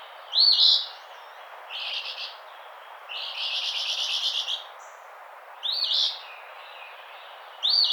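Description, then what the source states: Eastern phoebe song mixing crisp two-part fee-bee phrases with drawn-out, sputtering buzzy phrases, several phrases in all. Recorded on 16 June 2009.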